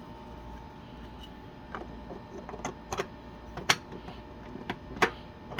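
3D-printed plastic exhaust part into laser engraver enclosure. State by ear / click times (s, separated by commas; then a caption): seated / 3.7 s. A 3D-printed plastic exhaust/vent accessory is pressed onto the enclosure of an Xtool D1 laser engraver, producing a series of light plastic taps and clicks over a quiet background hum. The loudest sharp snap at 3.7 s marks the part seating into the enclosure, with another firm click around 5.0 s.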